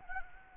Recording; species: mosquito wingbeat signal from an infrared sensor; Anopheles gambiae